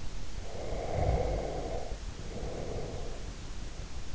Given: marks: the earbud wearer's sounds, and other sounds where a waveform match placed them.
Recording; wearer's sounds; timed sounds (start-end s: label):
sounds in sleep by an in-ear microphone; snoring breath
0.37-3.48 s: snoring breath